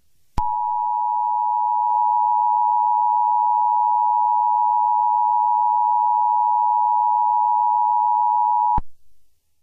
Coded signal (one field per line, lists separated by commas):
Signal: Emergency Alert System (SAME) tones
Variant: 853 and 960 Hz attention tone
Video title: EAS Scenario #26: Mickey Error 1 The Final Chapter